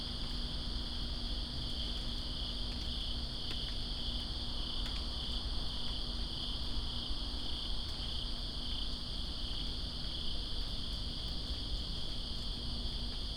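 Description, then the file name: Crickets trilling in a steady, continuous high trill with a second band above it, over constant low rumbling rain noise and occasional faint drips. Crickets recorded with rain in Greensboro on September 2, 2017. "Greensboro Crickets And Rain September 02 2017"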